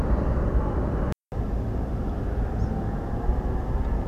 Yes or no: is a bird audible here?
yes